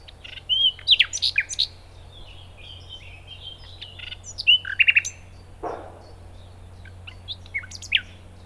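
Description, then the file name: Common nightingale song in short varied phrases of chirps and whistles with pauses between, one brief low swishing noise midway and a steady low hum. "Luscinia megarhynchos"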